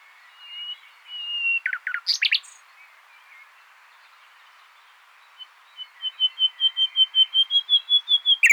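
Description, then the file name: Common nightingale: a drawn-out whistle, a burst of sharp notes, then a long, fast, evenly repeated series of chirps. "Luscinia megarhynchos"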